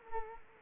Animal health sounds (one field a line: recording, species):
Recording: mosquito wingbeat signal from an infrared sensor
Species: Culex quinquefasciatus